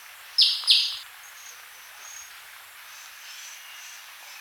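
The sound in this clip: Crested jay giving two short, harsh, buzzy notes in quick succession, high-pitched, then quiet hiss with a faint note at the end.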